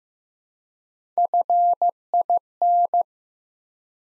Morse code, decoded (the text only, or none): FIN